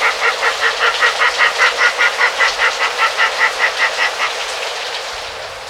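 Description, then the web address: Carunculated caracara calling, a rhythmic series of harsh, cackling notes, steady and then fading toward the end. Ecuador. "Birds of Ecuador. Carunculated Caracara"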